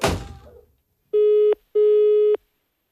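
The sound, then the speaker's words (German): A brief clatter like a handset being picked up, followed by two steady, mid-pitched electronic tone bursts of a phone line ringing for a call placed to Kent, separated by a short gap. “Doch mal leise, sie telefoniert.”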